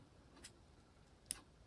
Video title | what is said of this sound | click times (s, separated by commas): How To Change Band Apple Watch | i don't have you heard that it's a very high pitched clicker now that won't slide off so | 1.3 s